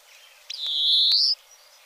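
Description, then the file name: European greenfinch giving a single drawn-out nasal wheeze that rises slightly toward its end, lasting under a second, over quiet hiss. "Verdier"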